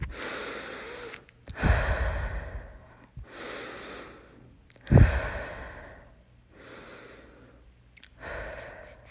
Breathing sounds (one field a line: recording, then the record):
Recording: deep breathing after running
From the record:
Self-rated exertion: vigorous exertion (4 of 6)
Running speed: 6 miles an hour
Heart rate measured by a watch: 145 beats a minute at the start, 141 at the end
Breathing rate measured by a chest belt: 17 breaths a minute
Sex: female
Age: 18 years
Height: 171 cm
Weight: 75 kg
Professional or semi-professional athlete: no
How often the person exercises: 1 to 2 times a week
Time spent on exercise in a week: under 1 hour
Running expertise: no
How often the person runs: 1 to 2 times a week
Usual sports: running, fencing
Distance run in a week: 3 km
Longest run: 21.3 km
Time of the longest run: 190 minutes